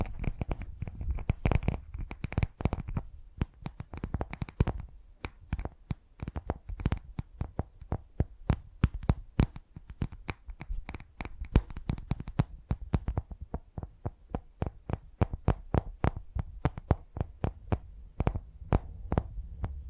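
Tapping sounds, a steady run of quick, sharp taps with brief gaps, some groups coming faster than others. Each tap has a dull low thud underneath a crisp top. A soft low rumble sits beneath the whole passage.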